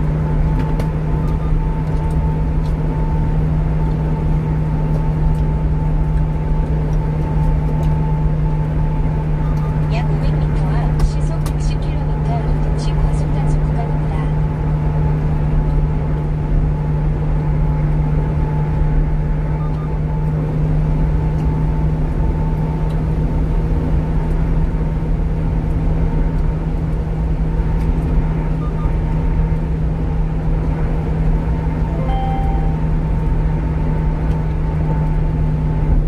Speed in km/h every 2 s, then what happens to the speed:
96, 96, 95, 95, 94, 94, 94, 93, 94, 95, 97, 98, 98, 98, 98, 98, 96, 94.
0-36 steady at about 95.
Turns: none.